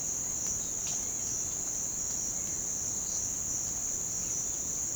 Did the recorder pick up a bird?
no